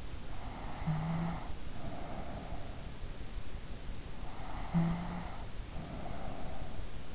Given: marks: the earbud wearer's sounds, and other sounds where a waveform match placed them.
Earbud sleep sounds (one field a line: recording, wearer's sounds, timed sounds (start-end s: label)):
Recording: sounds in sleep by an in-ear microphone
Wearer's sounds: snoring breath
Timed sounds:
0.47-3.04 s: snoring breath
4.36-7.15 s: snoring breath